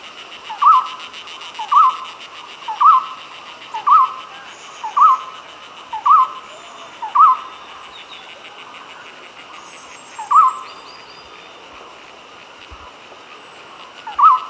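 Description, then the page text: Golden-throated barbet singing a monotonous run of hollow, slightly rising notes at roughly one-second intervals. The notes break off for a couple of seconds, then return, with faint insect-like hiss behind. "Golden-Throated Barbet Song. Quick Sounds"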